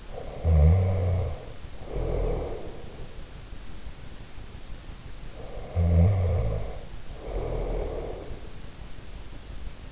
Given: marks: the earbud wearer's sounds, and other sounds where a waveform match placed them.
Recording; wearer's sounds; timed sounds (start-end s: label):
sounds in sleep by an in-ear microphone; snoring breath
0.00-2.91 s: snoring breath
5.51-8.65 s: snoring breath